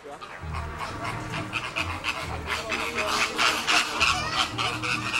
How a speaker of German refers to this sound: Ganz schön laut, die Flamingos im Münchner Tierpark Hellabrunn. 150 von ihnen leben hier.